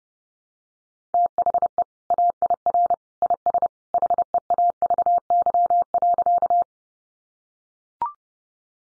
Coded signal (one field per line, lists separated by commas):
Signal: Morse code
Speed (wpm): 28 wpm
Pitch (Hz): 700 Hz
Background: none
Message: THE AIR IS HEAVY.